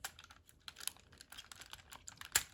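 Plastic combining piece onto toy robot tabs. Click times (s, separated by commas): 2.4 s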